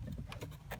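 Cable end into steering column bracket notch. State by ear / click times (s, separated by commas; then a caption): not seated / none. During a heater core and dash reinstall on a 1996 Chevy S-10 4x4 extended cab pickup, a cable end is pushed back toward its notch on the steering column bracket. Low rumbling handling noise and light taps are heard, with one brief sharp tap around 0.3 s. Nothing has seated or clicked yet.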